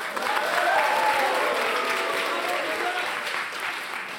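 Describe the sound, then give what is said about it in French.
A dense, steady burst of applause from the liberal and republican part of a legislative assembly, applauding Ernest Picard, elected in Paris; many hands clapping at once in a continuous roar, with faint voices mixed into the clapping throughout. “Ainsi, ils ont élu à Paris Ernest Picard, que nous entendrons dans un instant par la voix de Serge Pagdassarian et que la partie libérale et républicaine, d'ailleurs, de l'Assemblée ici réunie peut déjà applaudir.”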